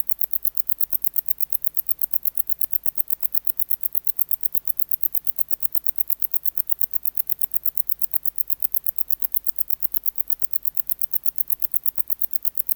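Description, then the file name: Wart-biter song: dense, regular high ticking throughout, like fast clicking, with a soft steady hum in the background. "Decticus verrucivorus"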